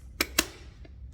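A plastic mop module with a velcro mop pad is pushed into a ROPVACNIC robot vacuum until it clicks. Two loud, sharp clicks land at 0.2 s and 0.4 s, followed by a faint tick near 0.9 s over a low background hum. The mop assembly is seated.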